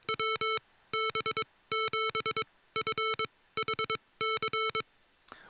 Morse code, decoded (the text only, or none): WB7FHC